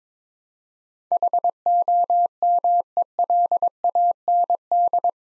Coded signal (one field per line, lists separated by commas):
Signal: Morse code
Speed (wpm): 22 wpm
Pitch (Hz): 700 Hz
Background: none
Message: HOMELAND